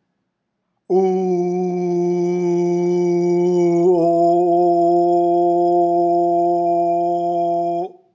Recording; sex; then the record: sustained vowel /u/; male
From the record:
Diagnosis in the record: healthy control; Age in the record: 70 years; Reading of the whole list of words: 64 s, 3.8 characters per second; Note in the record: marked for poor recording quality or reading difficulty